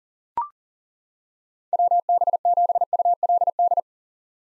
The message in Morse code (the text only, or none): WB7ULD